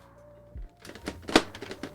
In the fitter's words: oh nice satisfying click